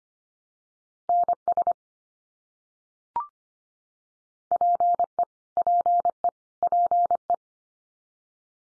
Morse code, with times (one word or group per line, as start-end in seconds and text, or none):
1.1-1.7 NS
4.5-5.2 PE
5.6-6.3 PE
6.6-7.3 PE